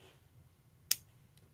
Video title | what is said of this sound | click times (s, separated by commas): In Era+ RMD Azure Falcon Live Build - USA Gundam TV! | Whoa. Satisfying snap. | 0.9 s